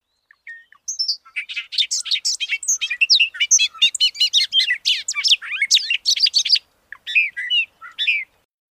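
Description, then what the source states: Bobolink song, a rapid bubbly, rambling jumble of sharp high metallic notes and buzzy tones, followed by a few scattered closing notes. Song described as metallic, bubbly and rambling, mixing sharp high notes and buzzy low pitches.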